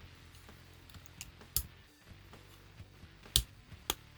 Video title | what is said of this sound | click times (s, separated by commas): Road to Devastation Review: Studio Series Rampage | there we go that actually sounded like it clicked in quite nicely too | 3.4 s, 3.9 s